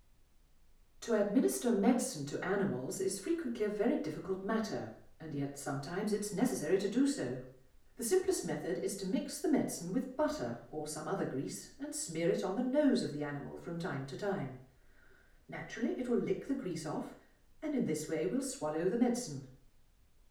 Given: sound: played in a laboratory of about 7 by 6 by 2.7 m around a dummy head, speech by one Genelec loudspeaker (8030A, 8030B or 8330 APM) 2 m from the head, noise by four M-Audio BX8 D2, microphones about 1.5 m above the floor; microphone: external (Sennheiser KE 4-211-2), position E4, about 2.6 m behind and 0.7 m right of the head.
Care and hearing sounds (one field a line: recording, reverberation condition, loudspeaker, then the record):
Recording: female speech in English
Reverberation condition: medium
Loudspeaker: 60 degrees to the left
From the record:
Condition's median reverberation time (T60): about 510 ms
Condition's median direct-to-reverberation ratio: about -0.5 dB